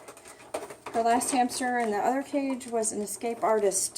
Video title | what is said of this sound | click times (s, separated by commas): Crittertrail 2 Level Cage Assembly Instructions | and press it in hard to make sure it snaps into place | 0.5 s